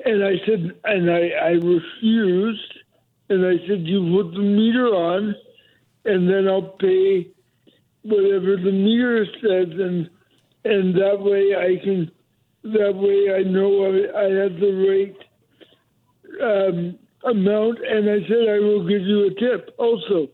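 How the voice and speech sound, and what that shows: Slow, high-pitched, effortful speech from an adult man with cerebral palsy, heard over the phone, with wavering pitch, choppy phrasing and long pauses, fitting dysarthria; a speech impediment with a voice that becomes even more heightened when he is tense.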